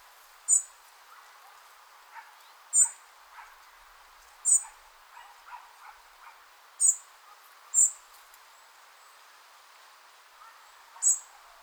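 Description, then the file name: European robin giving sharp, very high ticking notes, about six spaced irregularly over twelve seconds, with soft lower chirps and faint background hiss between them. "Erithacus rubecula"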